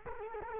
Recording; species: mosquito wingbeat signal from an infrared sensor; Culex quinquefasciatus